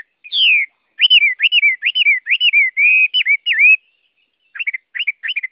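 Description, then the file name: Chinese hwamei song: a flowing series of looping, wavering whistles, a short pause, then three quick clipped whistled phrases. Song described as 'giọng rừng', the forest-voice style. "Tieng hoa mi hot giong rung"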